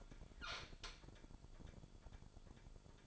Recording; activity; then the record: daily activity, microphone in the room; open fridge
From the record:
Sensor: 5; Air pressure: 1007.9 hPa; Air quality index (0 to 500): 97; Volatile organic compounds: 1 ppm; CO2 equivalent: 761 ppm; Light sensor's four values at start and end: 40/91/38/39 and 40/92/38/40